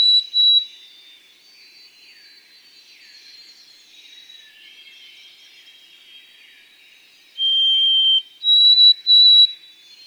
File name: White-throated Sparrow